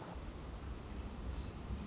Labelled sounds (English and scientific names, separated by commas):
Pacific Wren (Troglodytes pacificus)